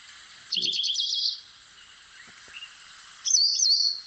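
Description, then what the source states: African pied wagtail song: two bright, high twittering phrases with quick trills and slurred whistles, separated by a pause, over a steady rushing of water. Played recording; water audible in background; territorial species that chases other birds away from its feeding areas.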